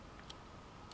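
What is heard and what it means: A badly clipped plastic Lego door or panel piece on a Lego car body is pressed back into place, giving a small, sharp click at 0.3 s as it seats home. A second faint tick follows near 0.9 s over a quiet background.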